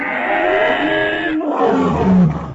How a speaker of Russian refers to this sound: Зверь захрипел, поднялся на дыбы и ударил копье лапой.